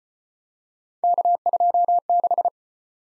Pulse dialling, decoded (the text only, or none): none